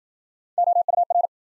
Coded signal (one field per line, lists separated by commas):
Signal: Morse code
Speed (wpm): 53 wpm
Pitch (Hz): 700 Hz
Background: none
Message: OUR